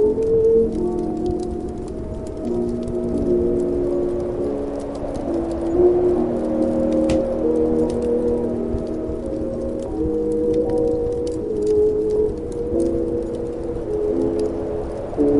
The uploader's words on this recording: Oldies playing in another room. Winter sounds. Every night she would have her little radio playing oldies radio stations that I could hear faintly from her bedroom.